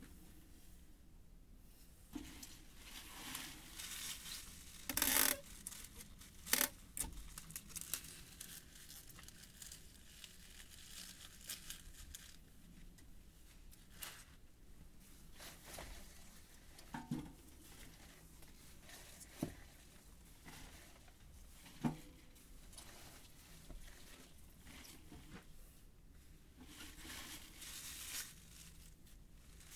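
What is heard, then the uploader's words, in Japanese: Harvested greens are weighed and taped into bundles, with rustling leaves, tearing tape bursts near 5 and 7 seconds, and scattered handling knocks. 夕方、収穫してきた水かけ菜の、出荷準備をしています。秤で重さをはかり、テープで巻き付けて束にしていきます。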